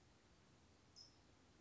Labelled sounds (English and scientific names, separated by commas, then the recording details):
California Towhee (Melozone crissalis)
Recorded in Sonoma County, California